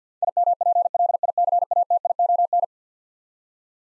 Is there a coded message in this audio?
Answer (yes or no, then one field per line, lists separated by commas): yes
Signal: Morse code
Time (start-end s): 0.2-2.6 s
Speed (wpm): 50 wpm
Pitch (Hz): 700 Hz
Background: none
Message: IMPLICATION